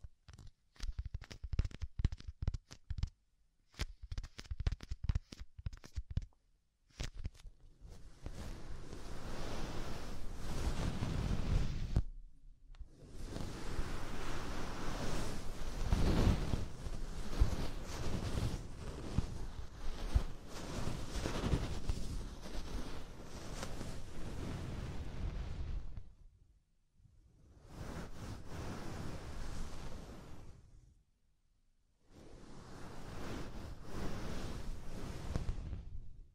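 Soft fluffy ear triggers: quick scattered taps and brushes, then long dense rubbing strokes with low muffled rumble, separated by brief silent pauses.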